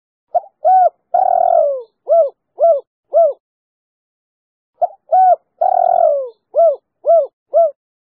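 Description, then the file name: Spotted dove giving two matching hoot sequences, each of short arched notes around a long falling hoot, separated by a short pause. "tieng-cu-gay-3-hau"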